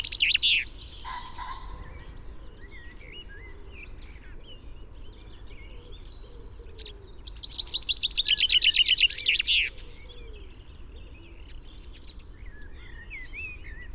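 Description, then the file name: Common chaffinch song: a falling run of rapid notes ending in a flourish, amid faint whistles and chirps, after a short loud burst at the start. "Fringilla coelebs"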